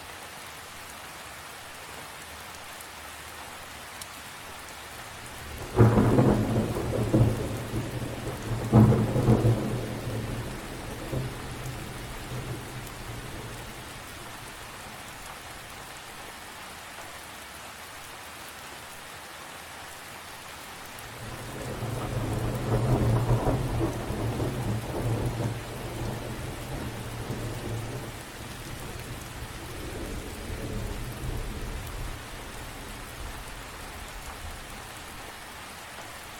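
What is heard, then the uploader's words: Steady, dense rain patters on leaves throughout, while two deep rumbles of thunder roll in around six seconds and again near twenty-two seconds. Rain on Leaves.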